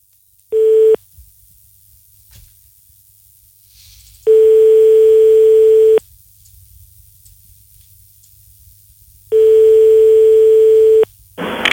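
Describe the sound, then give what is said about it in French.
A telephone ringback tone sounds three times, each a long steady hum-like buzz lasting over a second, separated by quiet gaps with faint line hiss, as a call is being placed to a pizza place, Chrono Pizza. “Compose le numéro de téléphone de la première pizza qui te vient sous la main.”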